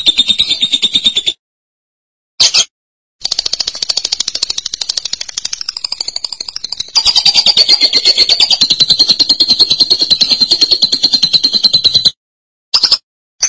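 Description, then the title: Lovebird giving fast, harsh, buzzy chattering in long continuous bursts, separated by brief silent pauses. "BM Suara Burung Lovebird"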